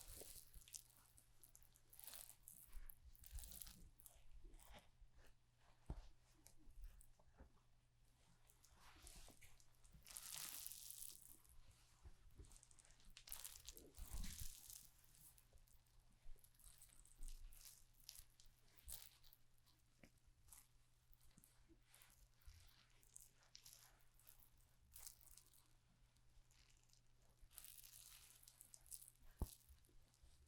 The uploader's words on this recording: ASMR Relaxing Barber Shop (No Talking) Haircut, Shaving, Shampoo & Massage, etc.